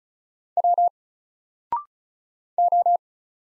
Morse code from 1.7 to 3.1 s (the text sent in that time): O